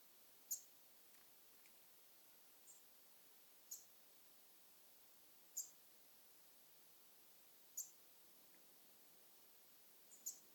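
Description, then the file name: European robin calling with brief, piercing high ticks repeated at irregular intervals, softer notes in between, against constant background hiss. "Erithacus rubecula"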